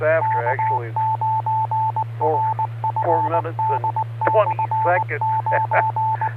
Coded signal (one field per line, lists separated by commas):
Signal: Morse code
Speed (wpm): 19 wpm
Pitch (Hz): 880 Hz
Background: speech, radio noise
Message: K9RFD/9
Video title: Friday Night Fun Net | Ham Radio Amateur Radio Live Broadcast Worldwide Radio | KD9MED